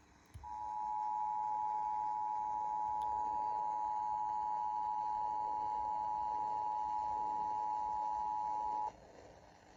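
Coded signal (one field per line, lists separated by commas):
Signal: Emergency Alert System (SAME) tones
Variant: 853 and 960 Hz attention tone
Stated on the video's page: Required Monthly Test EAS tones.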